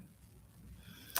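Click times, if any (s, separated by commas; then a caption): none. The tongue of a sterling box clasp with a safety lock is pushed into the clasp housing of a necklace or bracelet over a quiet, low background rumble. Near the end, a faint tick at 1.1 s is followed by a louder, brief sharp sound at 1.2 s. The clasp has not clicked shut yet.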